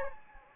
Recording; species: mosquito wingbeat signal from an infrared sensor; Anopheles gambiae